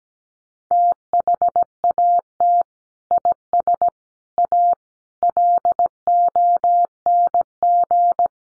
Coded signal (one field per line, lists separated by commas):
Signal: Morse code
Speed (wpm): 17 wpm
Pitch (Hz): 700 Hz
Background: none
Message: THAT IS A LONG